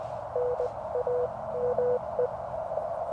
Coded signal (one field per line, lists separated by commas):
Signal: Morse code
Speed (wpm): 20 wpm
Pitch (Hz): 490 Hz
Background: none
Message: NAME